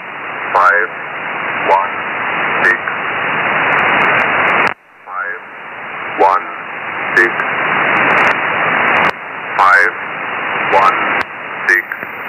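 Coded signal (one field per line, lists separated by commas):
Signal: numbers station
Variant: E06, English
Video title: Number Station E06, Russian intelligence, in English.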